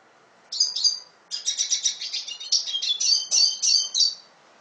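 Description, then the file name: Red siskin song: two high twittering notes, then a rapid run of buzzy, trilled chirps lasting about three seconds. "Canto del Cardenalito"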